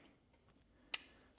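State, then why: Seated. While reassembling the gearbox of a Harbor Freight Hercules 3-inch random-orbit polisher, a flathead screwdriver pushes a steel snap ring down onto the gear shaft. After near silence, a single loud, sharp snap at 0.9 s marks the ring seating in its groove, then a short ringing tail fades. The snap ring is seated.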